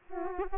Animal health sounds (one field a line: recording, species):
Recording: mosquito wingbeat signal from an infrared sensor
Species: Aedes aegypti